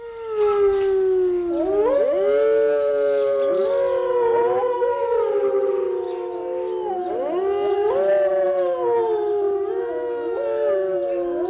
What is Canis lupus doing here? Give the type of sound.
howling